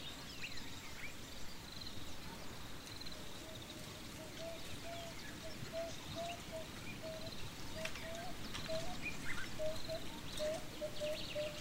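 African bush ambience with a steady rushing wind, a repeated low-pitched bird call from about five seconds on, and faint higher chirps.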